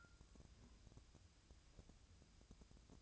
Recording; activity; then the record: daily activity, microphone in the room; take from stove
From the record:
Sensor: 2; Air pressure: 999.8 hPa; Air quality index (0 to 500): 123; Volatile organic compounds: 2 ppm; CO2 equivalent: 1063 ppm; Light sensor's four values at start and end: 34/84/37/41 and 34/84/36/41